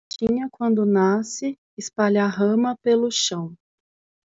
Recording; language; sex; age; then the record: short text; Brazilian Portuguese; female; 30 to 39 years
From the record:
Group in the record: control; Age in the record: 33 years